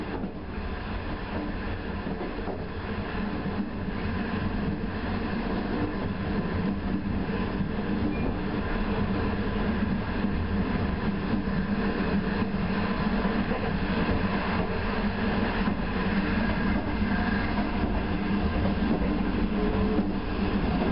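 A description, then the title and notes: Inside a night train, a steady low rumble and rattle of the carriage rolls on without pause, dense and even in level throughout. Faint rhythmic clatter and a soft hum sit over the deep drone, with no distinct voices or announcements standing out. China - night train to Xi'an. Riding the night train from Beijing to Xi'an, China.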